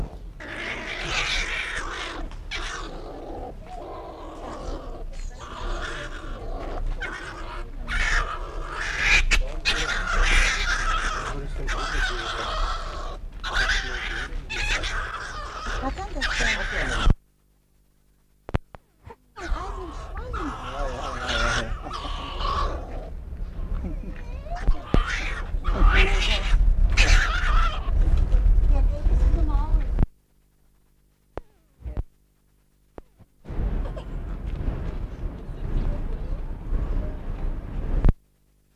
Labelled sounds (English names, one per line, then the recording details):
European Pine Marten growling
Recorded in captivity
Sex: male
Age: adult
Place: Zoo Berlin, Berlin, DE
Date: 1959-07-25 15:30
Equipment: Reporter (Vollspur)
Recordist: Tembrock, Günter